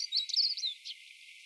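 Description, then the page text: Siberian stonechat with a brief burst of high thin chirps and a slurred note, fading into quiet background hiss. Recorded in Ladakh. "siberian stonechat – Birds of Ladakh"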